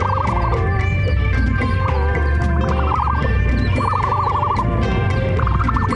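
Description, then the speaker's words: Ostrich chick contact calls: wavering trilled notes repeated several times over a constant deep rumble and a busy background. A baby ostrich making this sound to call to other chicks. "baby ostrich makes this sound to call to other chicks."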